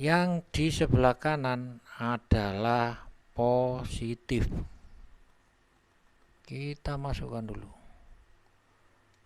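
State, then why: Not seated. Someone talks while handling a positive wire terminal that is being inserted into a plastic DLC connector socket housing for a Yamaha NMAX (old model). Speech fills most of the clip, with a quiet pause in the middle. The terminal has not seated or clicked into the housing yet.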